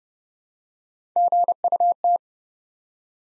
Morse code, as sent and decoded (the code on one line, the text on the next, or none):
--. ..- -
GUT